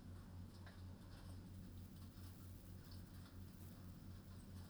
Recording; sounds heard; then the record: poultry house recording; no chicken sound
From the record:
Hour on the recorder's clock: 21